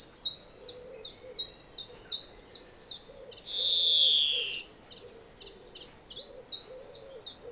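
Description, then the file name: European greenfinch chirps repeat about three times a second, pausing for one long, loud, buzzy wheeze before the chirping resumes. "Chloris chloris"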